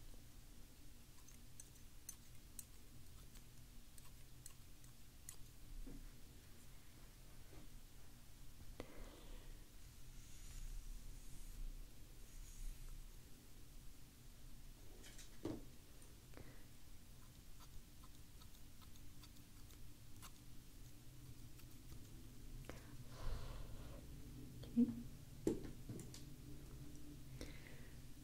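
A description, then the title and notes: Scissors snip in short, sparse clicks over a steady low hum that runs the whole time. The cuts are faint and irregular, a few every several seconds, with the two sharpest snaps coming close together near the twenty-five second mark. Scissors.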